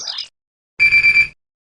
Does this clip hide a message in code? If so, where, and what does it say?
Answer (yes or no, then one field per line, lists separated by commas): no